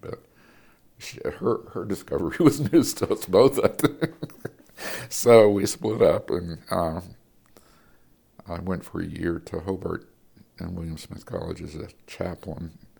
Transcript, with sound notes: But her discovery was news to us both, I think. [laughter] So we split up, and I went for a year to Hobart and William Smith College as a chaplain.